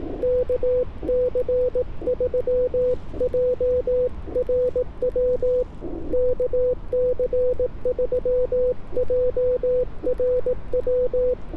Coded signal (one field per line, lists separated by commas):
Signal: Morse code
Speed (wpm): 18 wpm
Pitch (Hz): 500 Hz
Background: radio noise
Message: KC3JRW KC3JRW